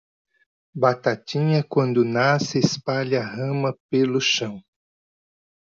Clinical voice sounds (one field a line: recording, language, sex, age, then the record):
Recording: short text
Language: Brazilian Portuguese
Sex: male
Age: 50 to 59 years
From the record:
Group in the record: control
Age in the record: 58 years